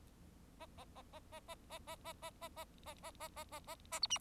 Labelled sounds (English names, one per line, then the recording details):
Bengalese Finch song
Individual Bird4